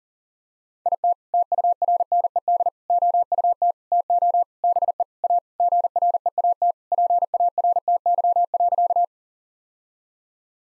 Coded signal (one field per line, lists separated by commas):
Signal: Morse code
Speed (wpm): 37 wpm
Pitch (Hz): 700 Hz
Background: none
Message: IT TURNED OUT TO BE A GREAT PARTY.